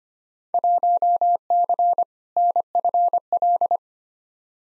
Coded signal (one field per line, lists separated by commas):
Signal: Morse code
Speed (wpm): 25 wpm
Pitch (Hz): 700 Hz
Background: none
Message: 1C NFL